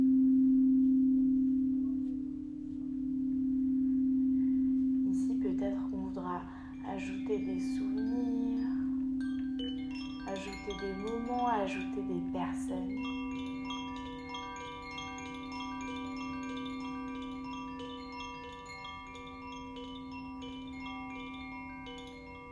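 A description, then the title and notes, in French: A sound meditation with crystal bowls and chimes: a deep, steady bowl tone hums throughout while a speaking voice comes in briefly around five to thirteen seconds. From about five seconds on, chimes ring out and their bright tones linger and overlap until the end. Une méditation sonore accompagnée de bols en crystal et de carillons.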